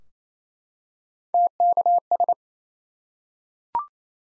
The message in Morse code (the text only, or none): TKS